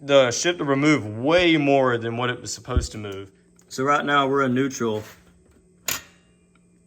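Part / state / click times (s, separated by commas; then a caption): gear shift lever engaging a gear in the ATV transmission / seated / 5.9 s. Someone talks while the gear shift lever of an Arctic Cat 400 ATV sits in neutral; a bolt through a drilled hole now acts as a limiter because the shifter used to travel much farther than it should. The lever is then moved from neutral and clicks sharply into the next gear against the bolt at 5.9 s, seating the transmission in gear.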